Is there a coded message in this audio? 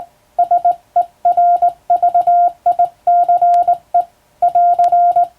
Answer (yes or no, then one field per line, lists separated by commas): yes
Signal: Morse code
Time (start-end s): 0.4-5.2 s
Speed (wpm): 19 wpm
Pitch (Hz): 700 Hz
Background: none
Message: SERVICE <AR>